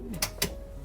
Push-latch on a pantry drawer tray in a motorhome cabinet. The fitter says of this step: you can hear it lock.